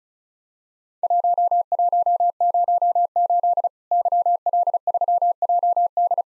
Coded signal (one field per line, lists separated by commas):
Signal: Morse code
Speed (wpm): 34 wpm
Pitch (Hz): 700 Hz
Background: none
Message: 1108 YL3JD